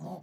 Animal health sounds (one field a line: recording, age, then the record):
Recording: pig call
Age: piglet (1 to 25 days)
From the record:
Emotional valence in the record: negative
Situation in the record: short isolation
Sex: male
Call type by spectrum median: low-frequency call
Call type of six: low-frequency modulated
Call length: 0.22 s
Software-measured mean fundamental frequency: 58 Hz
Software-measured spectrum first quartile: 187 Hz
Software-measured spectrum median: 377 Hz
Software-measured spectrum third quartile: 727 Hz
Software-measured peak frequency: 176 Hz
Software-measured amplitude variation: 114 dB a second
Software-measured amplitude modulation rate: 24.6 a second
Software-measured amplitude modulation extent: 4.7 dB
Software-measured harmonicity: 4.5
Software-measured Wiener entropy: -0.36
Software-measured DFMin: 964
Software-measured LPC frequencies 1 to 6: 738, 3382, 4547, 5989, 6793, 7731 Hz